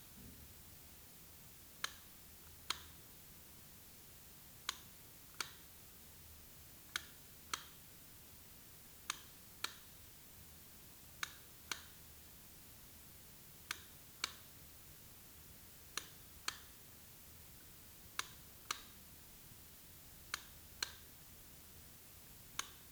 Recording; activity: daily activity, guitar pickup as the sensor; operate light